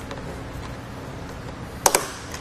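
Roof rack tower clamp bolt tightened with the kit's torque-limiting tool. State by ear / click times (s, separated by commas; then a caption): torque reached / 1.9 s. A Yakima roof rack tower clamp bolt on a 2016 Honda Pilot is tightened against the door frame with the kit's torque-limiting tool, over a low steady background. Two sharp clicks come from the tool at 1.9 s and 2.0 s, confirming the clamp has reached its torque setting.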